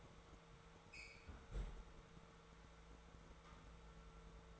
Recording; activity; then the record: daily activity, microphone in the room; close fridge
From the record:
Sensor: 3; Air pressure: 1014.9 hPa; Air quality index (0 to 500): 199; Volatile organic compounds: 28 ppm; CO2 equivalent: 2908 ppm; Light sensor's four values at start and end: 10/25/10/10 and 10/25/10/10